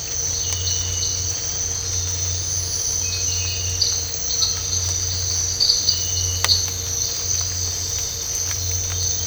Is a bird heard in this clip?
no